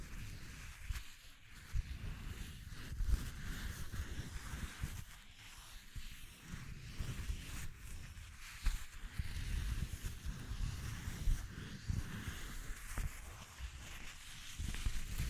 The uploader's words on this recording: ASMR Exploring Textures (No Talking).